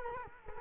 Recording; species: mosquito wingbeat signal from an infrared sensor; Culex quinquefasciatus